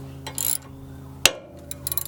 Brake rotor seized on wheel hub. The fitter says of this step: and just screw it in and you'll hear it pop free